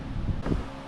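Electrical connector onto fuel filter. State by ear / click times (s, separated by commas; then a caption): not seated / none. An electrical connector is being handled onto the fuel filter of a Mercury 250 Pro XS 4-Stroke outboard, producing low rustling and handling noise with a steady background hum. The connector is about to go on, but nothing has seated or clicked yet.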